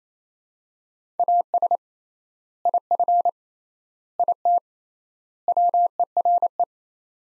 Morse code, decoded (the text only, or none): AS IF IT WERE